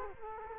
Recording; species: mosquito wingbeat signal from an infrared sensor; Culex quinquefasciatus